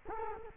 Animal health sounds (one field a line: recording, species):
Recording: mosquito wingbeat signal from an infrared sensor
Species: Culex quinquefasciatus